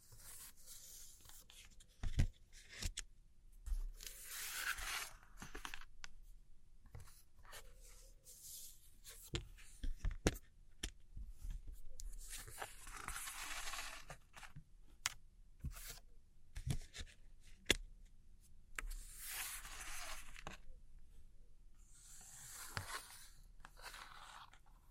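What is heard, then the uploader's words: Fingers trace and scratch across old postcards, the soft, bright rasping strokes swelling for a few seconds at a time around 4, 13, 19 and 23 seconds. Between strokes come sharp, scattered taps and light knocks, crisp. Tracing And Gentle Scratchy Tapping On Old Postcards（No Talking）.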